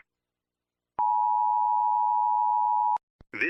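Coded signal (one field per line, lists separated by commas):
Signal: Emergency Alert System (SAME) tones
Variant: 853 and 960 Hz attention tone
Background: speech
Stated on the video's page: Fictional EAS scenario about a rogue robot, made with valid EAS tones; simulated alert.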